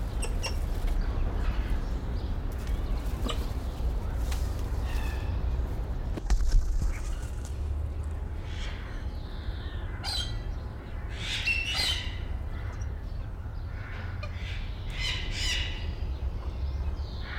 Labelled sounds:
Galah
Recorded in captivity
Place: Zoo Berlin, Berlin, DE
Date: 1995-02-04 10:58
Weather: bedeckt, 4°C, Wind
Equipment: Marantz CP 430, Sennheiser ME 80, Kopie Uher Variocord 263
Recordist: Tembrock, Günter

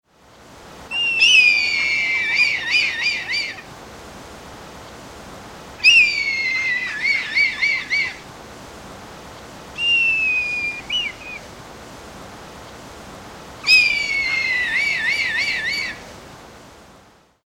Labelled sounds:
Red Kite
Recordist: Tembrock, Günter
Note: Langrufe von zwei Tieren

